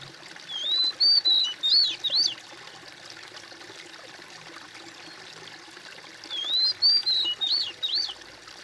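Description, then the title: Bird: two matching phrases several seconds apart, each a chain of four or five bright, wavering whistles, with a soft steady hiss in the background. "kOMPILASI suara bird"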